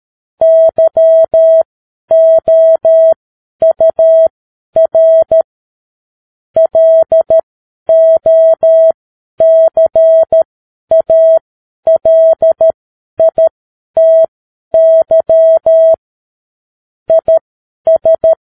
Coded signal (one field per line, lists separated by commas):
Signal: Morse code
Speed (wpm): 13 wpm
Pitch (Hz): 650 Hz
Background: none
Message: YOUR LOCALITY IS